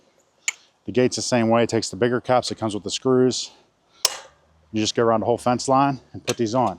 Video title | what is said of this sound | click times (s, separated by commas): How We Install Our Aluminum Fence Virtually Mess Free | here and then you can take a rubber mallet of your hand, just knock them down. You hear them click | 0.5 s